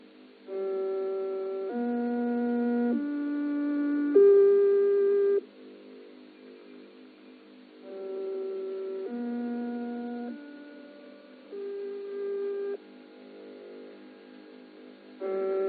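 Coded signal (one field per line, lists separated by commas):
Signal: numbers station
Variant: G08 interval signal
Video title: Zahlensender/Number Station "G08" (4 Note Rising Scale/Magdeburg Annie) DDR/GDR (1980)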